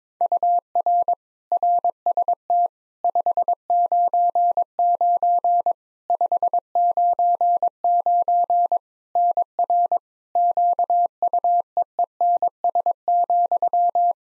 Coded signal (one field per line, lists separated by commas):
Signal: Morse code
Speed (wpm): 22 wpm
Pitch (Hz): 700 Hz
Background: none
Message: UR RST 599 599 NR QUEENS,